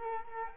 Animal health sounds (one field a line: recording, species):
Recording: mosquito wingbeat signal from an infrared sensor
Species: Culex quinquefasciatus